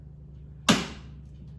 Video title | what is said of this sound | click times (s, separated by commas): Milwaukee Fuel Lawn Care | clicks into place so it doesn't fall off so I can't accidentally knock it out on my way by here to get to the door | 0.7 s